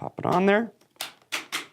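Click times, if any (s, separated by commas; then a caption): 1.0 s, 1.3 s. Someone talks, then the plastic visor's two side magnets snap into place on the shell of a 2017 Fox Racing MVRS V3 motocross helmet with sharp clicks at 1.0 s and 1.3 s, followed by a similar snap at about 1.5 s. The visor is seated, held by the strong magnets.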